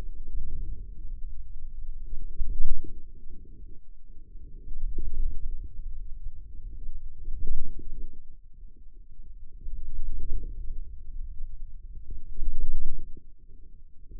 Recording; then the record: forearm muscle sounds (acoustic myography)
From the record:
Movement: wrist flexion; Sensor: system 2, bracelet of six BSWA MPA416 microphones around the upper forearm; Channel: 5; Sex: male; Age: 22 years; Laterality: right